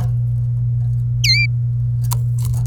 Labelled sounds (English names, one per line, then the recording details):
Domestic Canary song
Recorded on 27 April 2018 at 07:30
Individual llb3